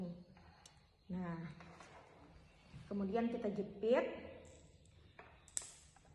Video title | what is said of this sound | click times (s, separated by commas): Cara Membuat Kabel LAN Tipe Straigh | Nah, harus sampai klik berbunyi dan pin si konektor ini | 5.6 s